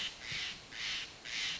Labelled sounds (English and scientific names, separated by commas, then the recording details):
Steller's Jay (Cyanocitta stelleri)
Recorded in Sonoma County, California